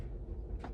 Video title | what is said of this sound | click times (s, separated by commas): Agent Carolina Helmet for Alexis | this way. And it clicks right in. | 0.6 s